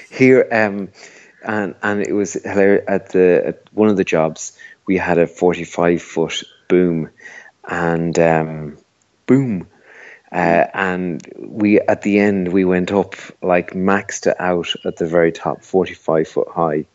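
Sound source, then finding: Adult male speaker. Typical speech.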